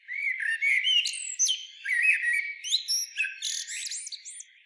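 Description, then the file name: Common blackbird song, continuous fluty warbling interwoven with high, thin squeaks and twitters throughout. "Turdus merula"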